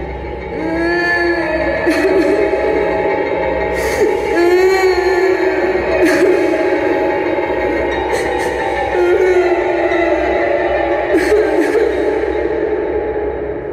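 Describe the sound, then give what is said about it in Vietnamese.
Eerie, mournful wailing rises and falls in long, wavering cries, several voices seeming to overlap in a steady, sorrowful drone with sharper bursts every few seconds, heard in a deep forest late at night. “Tiếng khóc nức nở nghẹn ngào, nghe vô cùng thống thiết, hệt như tiếng khóc bên linh cữu của người chết lúc đưa mà, vang lên giữa rừng sâu trong đêm khuya thanh vắng, lại càng thê lương, khiến người ta nghe mà sợn da gà.”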